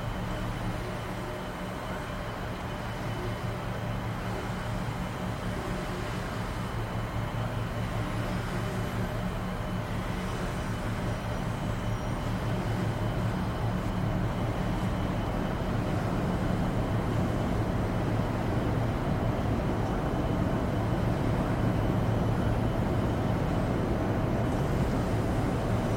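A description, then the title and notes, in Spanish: Steady rumble inside a ferry cabin, a dense low engine drone with a few humming tones running through it. The level holds nearly constant, swelling slightly after the first few seconds, with faint hiss above and no distinct events standing out. Ambiente de Cabina de Transbordador para un Sueño Profundo.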